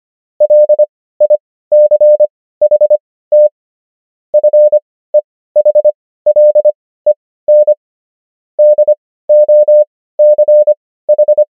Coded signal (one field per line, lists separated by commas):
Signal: Morse code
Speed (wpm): 25 wpm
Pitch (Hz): 600 Hz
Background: none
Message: LICHT FEHLEN DOCH